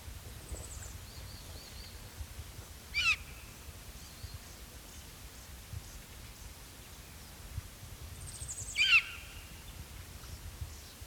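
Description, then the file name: Variable hawk giving two short, harsh calls about six seconds apart, with faint higher bird notes and steady background hiss. "Buteo polyosoma - Variable Hawk"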